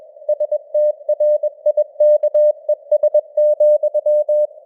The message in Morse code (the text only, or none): STRIKES,